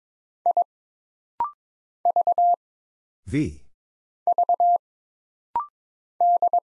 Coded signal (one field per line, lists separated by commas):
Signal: Morse code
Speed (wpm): 22 wpm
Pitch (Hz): 700 Hz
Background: none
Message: I V V D